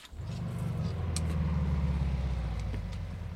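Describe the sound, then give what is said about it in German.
A hotwired car engine catches and starts, settling at once into a loud, steady, low idling rumble that holds unbroken for a few seconds, with no voices. “Ich werde einen Motor kurz schließen.”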